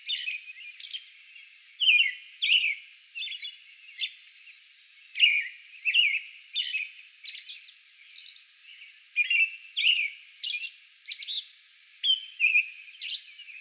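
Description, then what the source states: American robin song: rich whistled phrases in quick succession, varied in pitch, alternating with brief high-pitched hisselly notes. Song bout recorded on May 11.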